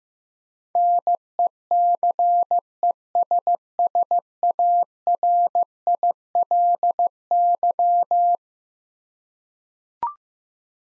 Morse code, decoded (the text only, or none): NECESSARILY